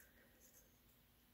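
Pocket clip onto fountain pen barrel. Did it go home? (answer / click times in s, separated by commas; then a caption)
no / none. A metal pocket clip is handled and fitted toward the barrel of a brass Traveler's Company fountain pen. Only faint, quiet handling rustle and low background noise are heard, with a slight rise in high-frequency texture around 0.4 to 0.6 seconds. The clip has not snapped or seated yet.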